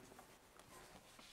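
A plastic quick-connect coupling on a hose that was just rerouted from top to bottom is handled and pushed toward its engine-bay fitting during a turbocharger change on a VW Golf 4 1.9 TDI. Quiet handling and rustling noises are heard, with a brief sharp tap around 0.6 s. Nothing has seated or clicked yet.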